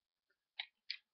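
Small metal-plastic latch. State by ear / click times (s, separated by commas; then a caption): released / 0.9 s. The cylinder of a metal/plastic revolver-shaped gun lighter styled after a Python .357 Magnum is swung out of its frame. A faint tick is followed by two short, bright clicks near 0.6 and 0.9 seconds. The cylinder releases and pops out at 0.9 seconds.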